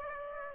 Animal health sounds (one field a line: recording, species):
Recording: mosquito wingbeat signal from an infrared sensor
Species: Aedes aegypti